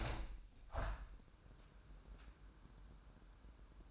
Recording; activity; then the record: daily activity, microphone in the room; open window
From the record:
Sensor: 2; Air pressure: 998.5 hPa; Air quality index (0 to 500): 142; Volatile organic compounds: 4 ppm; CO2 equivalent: 1608 ppm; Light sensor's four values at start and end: 8/19/8/9 and 8/19/8/9